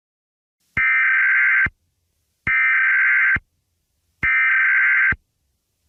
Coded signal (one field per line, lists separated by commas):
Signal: Emergency Alert System (SAME) tones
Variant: header bursts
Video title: EAS Scenario #9.5: Caillou Error